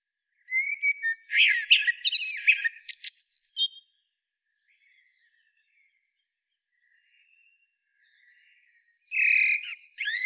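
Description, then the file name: Eurasian blackbird singing two phrases: rich whistled warbling that turns into shrill twittering, with a long quiet gap before the second phrase begins. "Turdus merula"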